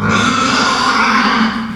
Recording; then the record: squeal of a Yucatan mini pig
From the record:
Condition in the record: after surgery on the right vocal fold (resection and tissue-engineered implant); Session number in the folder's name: 16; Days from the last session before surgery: 183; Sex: female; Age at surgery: 19 weeks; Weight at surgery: 25 kg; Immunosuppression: prednisolone